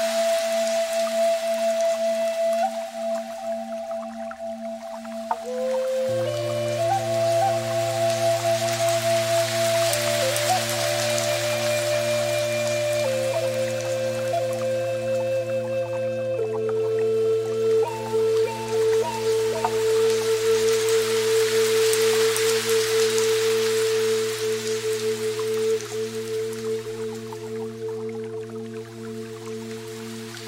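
Soft piano music plays slow, sustained notes over a steady low drone, with a deeper tone joining at about six seconds. A gentle, continuous water stream hisses beneath throughout, swelling and easing slightly, while single held notes shift every few seconds.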